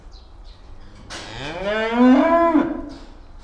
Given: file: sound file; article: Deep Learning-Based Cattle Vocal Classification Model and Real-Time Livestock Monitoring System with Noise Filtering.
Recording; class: cattle; estrus call